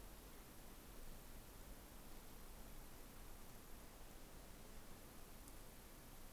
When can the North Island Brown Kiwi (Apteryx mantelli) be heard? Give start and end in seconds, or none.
none